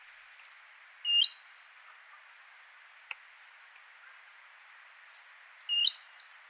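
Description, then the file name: Great tit calls: a short burst of high, sharply falling notes followed by two quick chips, repeated once about four and a half seconds later over a faint hiss. "Parus major"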